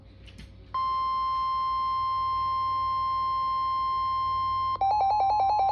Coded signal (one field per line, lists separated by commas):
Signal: Emergency Alert System (SAME) tones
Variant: 1050 Hz attention tone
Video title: EAS #29 Required weekly test (last week)